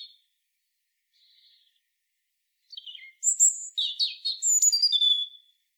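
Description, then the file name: European robin singing: a few faint, thin notes early on, then a louder burst of high, liquid trills and warbles in the second half. "Erithacus rubecula"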